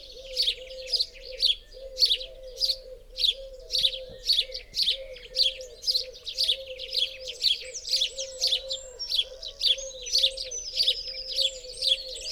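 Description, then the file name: House sparrow chirps delivered steadily, close to two per second, with some higher twitters late on and a constant low wavering tone below. "Passer domesticus"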